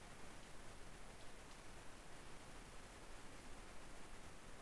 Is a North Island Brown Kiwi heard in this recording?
no